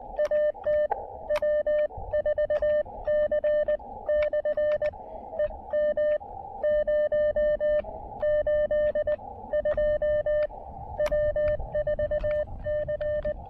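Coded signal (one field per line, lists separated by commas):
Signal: Morse code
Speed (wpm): 20 wpm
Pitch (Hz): 590 Hz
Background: none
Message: AT W4C/EM082 W4C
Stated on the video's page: Combined SOTA and POTA activation, QRP at 5 watts with a speaker-wire antenna, working DX.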